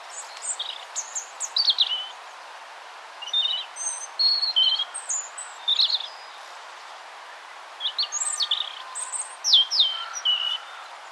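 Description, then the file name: European robin song: short, high, thin phrases of varied twittering and sliding whistles, separated by brief pauses, with a longer silent gap midway. "Erithacus rubecula"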